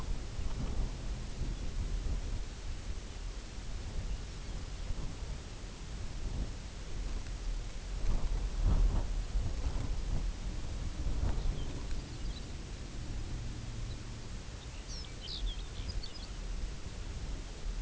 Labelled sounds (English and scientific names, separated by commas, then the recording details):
unidentified sound, Lapland Longspur (Calcarius lapponicus)
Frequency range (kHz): Lapland Longspur (Calcarius lapponicus) 1.6-6.7 kHz
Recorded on Arctic tundra, site UTQI-0, on 16 June 2019
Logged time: 20:00